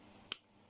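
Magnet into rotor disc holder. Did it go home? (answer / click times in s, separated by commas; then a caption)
yes / 0.3 s. The last magnet is pushed into its holder on a magnet-motor rotor disc after first being inserted the wrong way round. A single sharp click at 0.3 s stands out against a quiet background. The magnet snaps into place and is seated in the disc slot.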